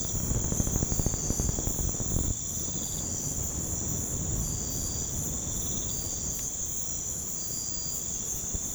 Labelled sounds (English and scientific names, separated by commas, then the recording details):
none
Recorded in pastures near Puerto Asís, Putumayo, Colombia, on 21 March 2025 at 03:00
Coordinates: 0.505, -76.324
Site GP08